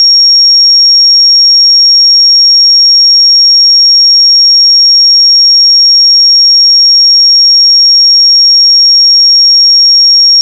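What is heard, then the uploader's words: A pure sine tone at 5566 Hz holds perfectly steady for the full ten seconds, thin and piercingly high. Its level never wavers, with no other sounds underneath, only a faint click as it cuts off at the very end. 5566 Hz 1 Hz Interval Sine Pure Tone Frequency 441000 Sample Mono.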